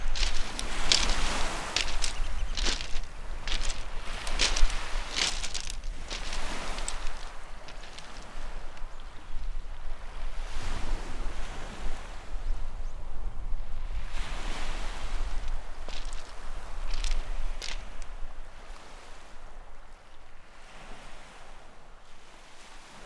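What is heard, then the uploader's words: Waves wash steadily along a shore, with a constant low rumble underneath. Short, sharp bursts, possibly the pipes of shorebirds, come in quick clusters through the first eight seconds and again around 11 to 18 seconds, then thin out as the last few seconds grow quieter. Soothing sounds of waves and seabirds in Anglesey. It's early morning in a secretive bay on northern Anglesey. You're walking on a shingle bank that separates a serene, reed-fringed lagoon from the restless rising tide. The pipes and skirls of oystercatchers, redshanks and curlews rise over the wash of the waves.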